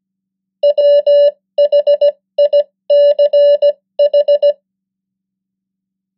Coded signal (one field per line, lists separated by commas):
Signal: Morse code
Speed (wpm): 17 wpm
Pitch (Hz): 580 Hz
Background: none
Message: WHICH